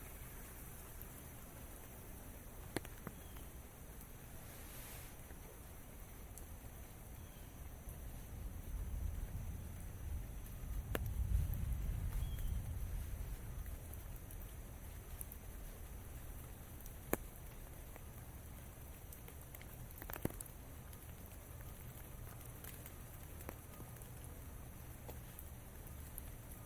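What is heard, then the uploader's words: Steady rain patters with scattered sharp drips and ticks, while a low rumble swells and fades around the middle, like a passing vehicle. Walk in the Rain.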